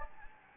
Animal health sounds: mosquito wingbeat signal from an infrared sensor; Anopheles gambiae

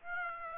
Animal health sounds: mosquito wingbeat signal from an infrared sensor; Aedes aegypti

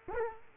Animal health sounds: mosquito wingbeat signal from an infrared sensor; Culex quinquefasciatus

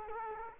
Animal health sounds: mosquito wingbeat signal from an infrared sensor; Culex quinquefasciatus

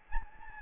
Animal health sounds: mosquito wingbeat signal from an infrared sensor; Anopheles gambiae

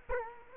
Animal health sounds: mosquito wingbeat signal from an infrared sensor; Culex quinquefasciatus

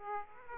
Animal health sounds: mosquito wingbeat signal from an infrared sensor; Aedes aegypti

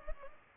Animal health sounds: mosquito wingbeat signal from an infrared sensor; Culex pipiens

